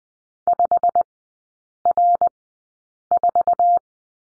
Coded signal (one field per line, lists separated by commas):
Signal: Morse code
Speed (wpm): 20 wpm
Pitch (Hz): 700 Hz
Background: none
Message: 5R4